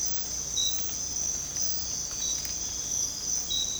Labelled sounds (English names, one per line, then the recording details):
none
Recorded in dense forest near Puerto Asís, Putumayo, Colombia, on 18 December 2024 at 05:30
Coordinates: 0.466, -76.327
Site G075